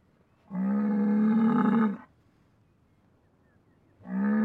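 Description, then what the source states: Bull bellowing: a long, steady, deep moo lasting about one and a half seconds, a silent pause, then a second bellow starting at the end. Bull becoming angry.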